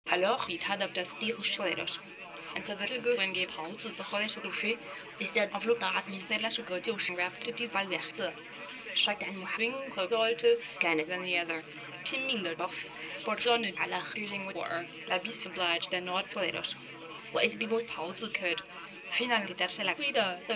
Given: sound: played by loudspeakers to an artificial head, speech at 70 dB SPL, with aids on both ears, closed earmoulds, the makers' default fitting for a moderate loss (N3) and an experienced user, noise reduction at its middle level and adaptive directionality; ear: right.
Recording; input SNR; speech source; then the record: speech test signal (ISTS) in cocktail-party noise; +6 dB; on the right (90 degrees)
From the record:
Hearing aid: class 2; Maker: C